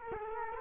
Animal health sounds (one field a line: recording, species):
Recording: mosquito wingbeat signal from an infrared sensor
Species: Culex quinquefasciatus